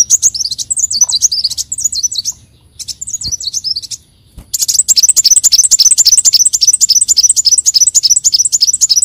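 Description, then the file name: Leafbird song: fast, varied, high chattering phrases with a short pause, then a dense continuous run of rapid notes. "Tieng chim xanh tim"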